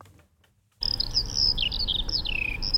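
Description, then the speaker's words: Eurasian skylark song, a rapid, unbroken stream of high, twittering and warbling notes that begins after a brief silence, with a low rumble underneath. Sings while gliding down to the ground from 150 metres, for minutes at a time, and can be heard far away. "So klingt die Feldlerche. Ihre Besonderheit? Sie singt, während sie aus 150 Meter Höhe im Gleitflug zur Erde segelt."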